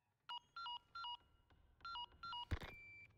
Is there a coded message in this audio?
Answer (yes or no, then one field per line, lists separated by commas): no